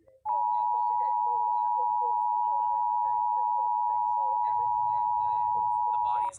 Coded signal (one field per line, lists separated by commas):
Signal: Emergency Alert System (SAME) tones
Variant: 853 and 960 Hz attention tone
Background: speech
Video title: EAS TONES** Random Eas alert